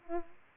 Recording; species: mosquito wingbeat signal from an infrared sensor; Aedes aegypti